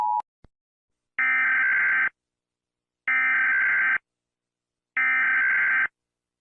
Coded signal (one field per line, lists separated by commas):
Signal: Emergency Alert System (SAME) tones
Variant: header bursts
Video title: Fire In Texas (EAS scenario [READ DESCRIPTION])